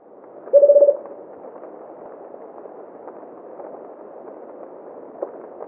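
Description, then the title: Rufous-capped motmot giving one short, low hooting trill of about six quick pulses, then steady low background hum for the rest. "LuckyPassaro Completos2Sama. Rufous-capped Motmot (Baryphthengus ruficapillus)"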